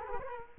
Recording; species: mosquito wingbeat signal from an infrared sensor; Culex quinquefasciatus